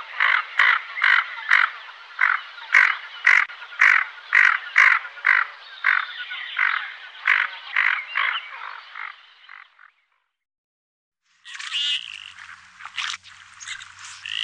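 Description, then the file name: Common goldeneye giving harsh, rasping croaks repeated about every half second for about ten seconds, then a pause and a burst of scratchy, noisy calls. "Knipa"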